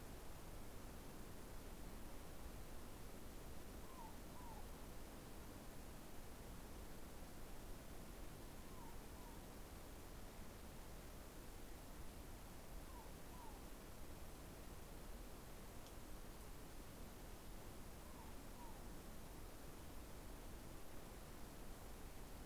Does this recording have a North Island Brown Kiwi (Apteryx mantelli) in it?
no